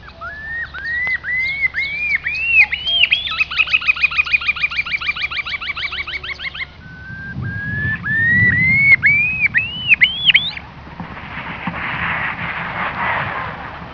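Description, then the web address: Far Eastern curlew calling with rising whistled notes, then a fast bubbling trill of repeated upslurred notes, more rising whistles after a pause, and a hiss of noise at the end. "numenius madagascariensis"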